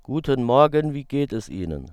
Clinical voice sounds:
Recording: spoken sentence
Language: German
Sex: male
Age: 40 to 49 years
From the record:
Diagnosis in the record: healthy voice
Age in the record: 42 years

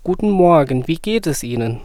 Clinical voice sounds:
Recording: spoken sentence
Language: German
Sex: male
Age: 20 to 29 years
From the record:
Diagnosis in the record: healthy voice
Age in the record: 20 years

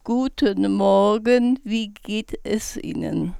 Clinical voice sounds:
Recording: spoken sentence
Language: German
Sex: female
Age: 70 to 79 years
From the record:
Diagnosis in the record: recurrent laryngeal nerve paralysis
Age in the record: 73 years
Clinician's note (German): Alte, kompensiert

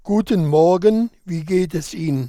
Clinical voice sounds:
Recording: spoken sentence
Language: German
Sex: male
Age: 60 to 69 years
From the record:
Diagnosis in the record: cordectomy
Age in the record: 61 years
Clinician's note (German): Zustand nach laserchirurgischer Rezidivabtragung, Chordektomie

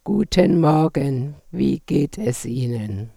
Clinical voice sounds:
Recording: spoken sentence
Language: German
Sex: female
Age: 70 to 79 years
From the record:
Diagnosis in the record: recurrent laryngeal nerve paralysis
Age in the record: 74 years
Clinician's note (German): Re, phonatorische Kompensation

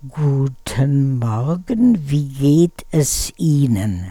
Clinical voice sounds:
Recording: spoken sentence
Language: German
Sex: female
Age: 80 to 89 years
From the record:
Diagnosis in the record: presbyphonia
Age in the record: 84 years

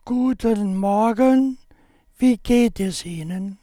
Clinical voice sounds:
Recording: spoken sentence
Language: German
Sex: male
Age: 70 to 79 years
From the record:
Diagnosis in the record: cordectomy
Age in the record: 71 years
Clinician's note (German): Zustand danach, rechts

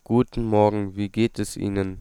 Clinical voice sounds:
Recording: spoken sentence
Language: German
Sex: male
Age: 18 to 19 years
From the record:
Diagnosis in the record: stuttering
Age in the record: 18 years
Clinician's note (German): Kehlkopf o. Befund

